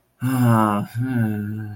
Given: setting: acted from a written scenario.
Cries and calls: vocal sound without words; guilt

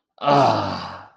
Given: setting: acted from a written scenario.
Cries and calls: vocal sound without words; shame

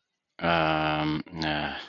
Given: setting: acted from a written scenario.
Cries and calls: vocal sound without words; guilt

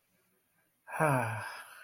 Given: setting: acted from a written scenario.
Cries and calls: vocal sound without words; romantic love

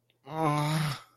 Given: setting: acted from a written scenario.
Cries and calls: vocal sound without words; disappointment

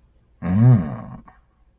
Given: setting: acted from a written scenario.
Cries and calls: vocal sound without words; desire

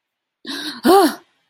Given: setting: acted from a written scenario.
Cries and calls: vocal sound without words; fear

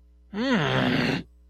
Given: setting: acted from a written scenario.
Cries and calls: vocal sound without words; confusion

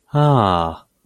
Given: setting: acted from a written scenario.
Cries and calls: vocal sound without words; realization

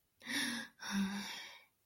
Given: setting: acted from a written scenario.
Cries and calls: vocal sound without words; relief

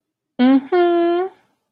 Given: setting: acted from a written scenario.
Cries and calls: vocal sound without words; romantic love

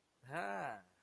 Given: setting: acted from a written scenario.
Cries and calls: vocal sound without words; pride

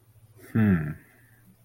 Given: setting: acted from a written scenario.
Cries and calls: vocal sound without words; neutral

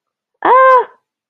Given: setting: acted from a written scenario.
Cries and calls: vocal sound without words; distress

